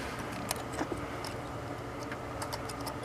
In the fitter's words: it up under there push down lock it in they're both there now